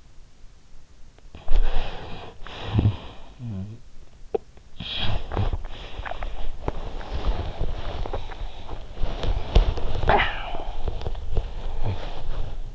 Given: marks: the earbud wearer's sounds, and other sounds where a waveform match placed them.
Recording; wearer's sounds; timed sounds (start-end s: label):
sounds in sleep by an in-ear microphone; snoring breath, breath, swallowing, talking in sleep
1.26-4.59 s: snoring breath
4.59-6.62 s: breath
6.62-12.75 s: swallowing
10.00-10.66 s: talking in sleep